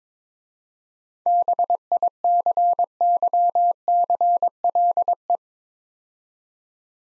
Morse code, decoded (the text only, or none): BICYCLE